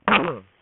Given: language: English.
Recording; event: throat vibration sensor signal played as sound; throat clearing